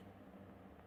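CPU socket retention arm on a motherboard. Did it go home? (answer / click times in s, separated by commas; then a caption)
no / none. The metal retention arm of a CPU socket on a motherboard is being pushed down toward its catch, heard as a steady low hum with a faint brief sound near 0.8 s. Nothing has latched or clicked into place yet.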